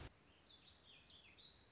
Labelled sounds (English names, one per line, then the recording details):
Warbling Vireo
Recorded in Sonoma County, California